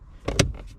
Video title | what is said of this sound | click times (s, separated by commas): CRV Headunit retrofit for 2013, 14 and 2015 Civic Si. | and it'll click into place for you real nice and open the cubby door | 0.3 s